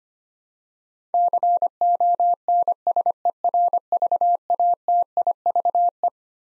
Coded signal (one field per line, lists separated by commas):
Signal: Morse code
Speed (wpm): 25 wpm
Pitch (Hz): 700 Hz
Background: none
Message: CONSERVATIVE